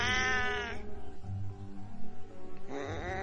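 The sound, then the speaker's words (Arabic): Two drawn-out, strained cat meows with a harsh, bleat-like wavering tone, one at the start and one at the end, separated by a low rumbling pause; an unexpected cat heard inside a car. “صوتها كان غريب قوي، مش صوت قطة عادية زي ما بنسمع الصوت بتاعها.”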